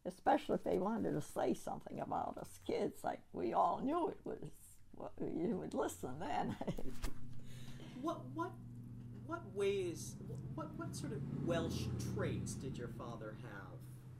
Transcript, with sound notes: Especially if they wanted to say something about us kids, like we all knew it was what – you would listen then. [Laughs]
What, what, what ways, what, what sort of Welsh traits did your father have?